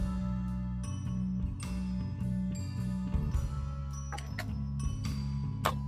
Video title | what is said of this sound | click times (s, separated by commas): Moss Pole for Manjula Pothos #mosspole #pothosplant #indoorplants #variegatedplants #houseplants | Hear that click? That's what you want to hear. | 5.7 s